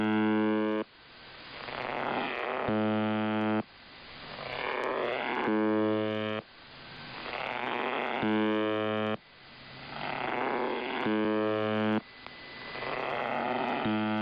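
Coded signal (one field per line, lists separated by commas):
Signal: channel marker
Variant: UVB-76 (The Buzzer)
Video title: [2023/01/15] UVB-76 奇妙なブザー音 strange buzzing sound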